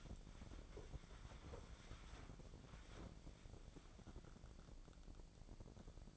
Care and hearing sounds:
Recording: daily activity, microphone in the room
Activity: wipe stove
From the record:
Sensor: 5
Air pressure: 1012.4 hPa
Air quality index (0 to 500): 158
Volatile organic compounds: 2 ppm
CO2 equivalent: 1082 ppm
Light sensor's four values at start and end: 194/466/198/223 and 195/467/198/224

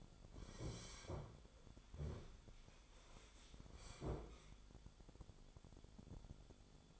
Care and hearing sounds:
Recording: daily activity, microphone in the room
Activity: sit down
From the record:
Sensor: 5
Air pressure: 1015.3 hPa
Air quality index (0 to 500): 187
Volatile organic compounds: 7 ppm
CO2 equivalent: 2034 ppm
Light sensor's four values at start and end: 35/81/32/31 and 35/81/32/31

